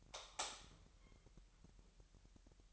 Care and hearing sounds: daily activity, microphone in the room; light off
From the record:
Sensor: 3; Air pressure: 1001.9 hPa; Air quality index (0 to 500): 244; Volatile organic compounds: 46 ppm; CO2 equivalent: 3243 ppm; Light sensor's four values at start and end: 12/34/15/13 and 6/13/5/5

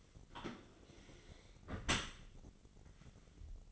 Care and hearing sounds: daily activity, microphone in the room; close dishwasher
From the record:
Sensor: 4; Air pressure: 1004.0 hPa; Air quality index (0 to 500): 155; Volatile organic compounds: 2 ppm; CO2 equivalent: 1101 ppm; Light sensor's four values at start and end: 27/66/28/30 and 27/67/28/30

